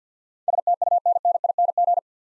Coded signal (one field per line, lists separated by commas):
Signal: Morse code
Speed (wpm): 50 wpm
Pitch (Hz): 700 Hz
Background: none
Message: STUNNING